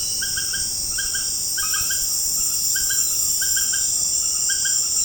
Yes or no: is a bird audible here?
no